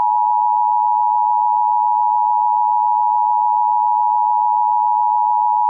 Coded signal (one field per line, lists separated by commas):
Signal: Emergency Alert System (SAME) tones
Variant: 853 and 960 Hz attention tone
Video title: A Remastered EAS scenario: The Object Flags